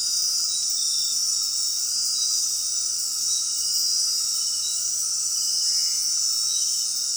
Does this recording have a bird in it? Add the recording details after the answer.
no. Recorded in dense forest near Puerto Asís, Putumayo, Colombia, on 19 February 2024 at 20:00. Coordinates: 0.466, -76.327. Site G6413